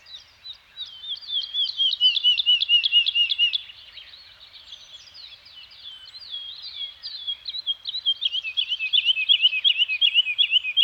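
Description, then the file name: Birds singing: a burst of rapid high chirps, a quieter patch of scattered twitters, then another fast chirping run at the end. Scandinavian forest soundscape with birds singing. "Nature Soundscape - Scandinavian Forest Environment with Birds Singing"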